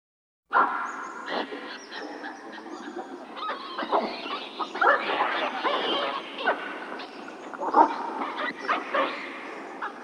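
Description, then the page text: Hamadryas baboon calls, a noisy chorus of harsh barks, grunts and screeches overlapping throughout, with several louder sharp outbursts. "Hamadryas Baboon. Quick Sounds"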